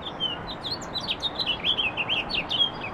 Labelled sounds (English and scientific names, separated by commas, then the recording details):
House Finch (Haemorhous mexicanus) song
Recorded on Long Island, New York, on 18 April 2012
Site GC
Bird B